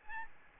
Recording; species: mosquito wingbeat signal from an infrared sensor; Aedes albopictus